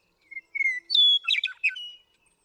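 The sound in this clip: Western meadowlark song: a few clear whistled notes, then a bright, gurgling, jumbled warble that ends on a sustained whistle.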